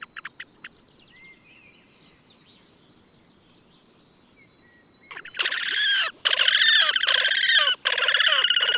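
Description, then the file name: Horned grebe: a few short ticks, a quiet stretch, then loud rippling nasal trills in three long bursts through the final seconds. "Krasnoshejnaya poganka - lat Podiceps auritus Patrik berg"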